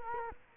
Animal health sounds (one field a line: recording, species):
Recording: mosquito wingbeat signal from an infrared sensor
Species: Culex quinquefasciatus